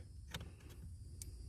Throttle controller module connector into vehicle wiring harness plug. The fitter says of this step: new unit snaps clicks right in there and then